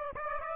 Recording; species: mosquito wingbeat signal from an infrared sensor; Aedes aegypti